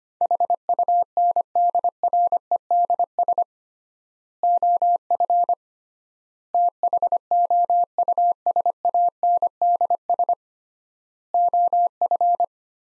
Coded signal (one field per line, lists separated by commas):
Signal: Morse code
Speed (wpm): 25 wpm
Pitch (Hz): 700 Hz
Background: none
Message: HUNDREDS OF THOUSANDS OF